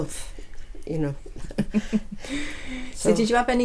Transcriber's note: laughs